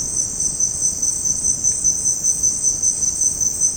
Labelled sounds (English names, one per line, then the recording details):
none
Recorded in dense forest near Puerto Asís, Putumayo, Colombia, on 29 June 2025 at 16:30
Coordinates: 0.486, -76.317
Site G065